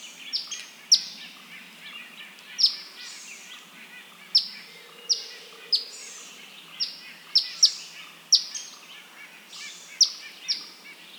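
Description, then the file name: Eastern Phoebe giving sharp, high chip notes, roughly one or two per second. "Eastern Phoebe - Sayornis phoebe"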